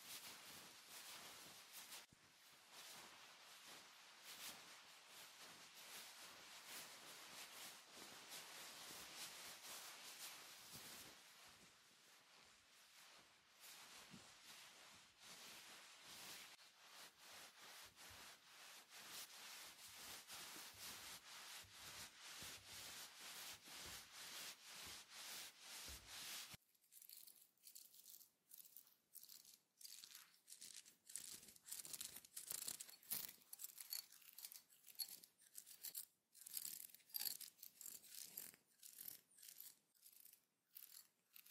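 Hair brushing or scalp scratching, dense quick bright strokes for about 26 seconds, then sparser, crisper separate scratches continuing to the end.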